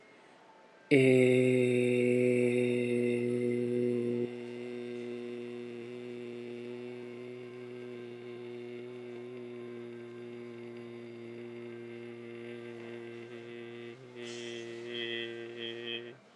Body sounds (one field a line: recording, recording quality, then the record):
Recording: sustained vowel as in made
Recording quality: excellent, no background noise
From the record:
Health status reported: respiratory illness, not identified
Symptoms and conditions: asthma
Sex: male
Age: 23 years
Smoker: not ticked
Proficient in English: yes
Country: India